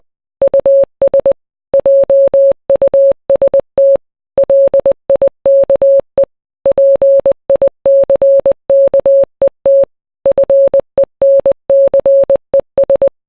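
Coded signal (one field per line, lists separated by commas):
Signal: Morse code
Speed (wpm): 20 wpm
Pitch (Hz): 550 Hz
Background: none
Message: US JUST LIKE PICKET FENCES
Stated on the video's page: Morse code rendition of a song.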